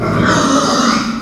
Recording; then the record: squeal of a Yucatan mini pig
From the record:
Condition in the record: after surgery on the right vocal fold (resection and tissue-engineered implant); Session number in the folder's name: 11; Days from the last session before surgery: 98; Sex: female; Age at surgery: 19 weeks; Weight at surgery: 25 kg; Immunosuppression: prednisolone